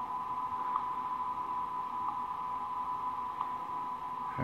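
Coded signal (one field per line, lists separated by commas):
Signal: PSK31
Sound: steady narrow warbling tone near 1 kHz over soft hiss for whole clip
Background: radio static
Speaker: looking at some PS k GS k 31 that's decoding it now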